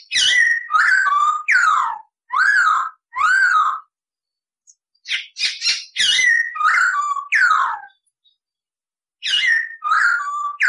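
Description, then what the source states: Masked laughingthrush singing rapid series of loud, rich whistles that swoop down and then level off, in bursts separated by short pauses. Cage bird singing actively; recording used to train cage birds.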